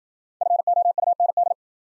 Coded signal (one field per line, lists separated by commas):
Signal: Morse code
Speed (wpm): 53 wpm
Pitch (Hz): 700 Hz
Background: none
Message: FOUND